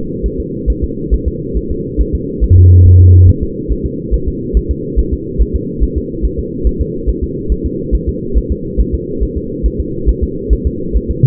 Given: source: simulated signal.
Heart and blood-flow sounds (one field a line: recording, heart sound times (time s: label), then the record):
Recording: fetal heart sounds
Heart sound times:
0.26 s: S1
0.40 s: S2
0.70 s: S1
0.84 s: S2
1.14 s: S1
1.28 s: S2
1.57 s: S1
1.71 s: S2
2.01 s: S1
2.15 s: S2
2.44 s: S1
2.58 s: S2
2.86 s: S1
3.00 s: S2
3.29 s: S1
3.43 s: S2
3.72 s: S1
3.86 s: S2
4.14 s: S1
4.28 s: S2
4.57 s: S1
4.71 s: S2
4.99 s: S1
5.13 s: S2
5.41 s: S1
5.56 s: S2
5.83 s: S1
5.97 s: S2
6.25 s: S1
6.39 s: S2
6.67 s: S1
6.81 s: S2
7.09 s: S1
7.23 s: S2
7.52 s: S1
7.66 s: S2
7.95 s: S1
8.09 s: S2
8.38 s: S1
8.52 s: S2
8.80 s: S1
8.94 s: S2
9.23 s: S1
9.37 s: S2
9.66 s: S1
9.80 s: S2
10.09 s: S1
10.23 s: S2
10.53 s: S1
10.67 s: S2
10.96 s: S1
11.11 s: S2
From the record:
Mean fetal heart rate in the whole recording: 140 bpm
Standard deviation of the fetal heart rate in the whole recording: 2 bpm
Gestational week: 34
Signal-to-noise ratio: -6.6 dB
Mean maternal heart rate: 72 bpm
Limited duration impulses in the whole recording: present